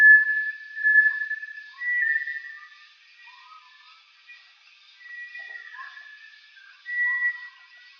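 Bartlett's tinamou calling in sustained clear whistles, some stepping slightly higher, spaced by pauses; soft low short notes and a steady background hiss.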